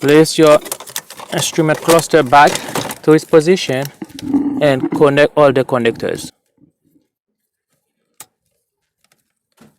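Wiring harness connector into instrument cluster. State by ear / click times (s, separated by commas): seated / 8.2 s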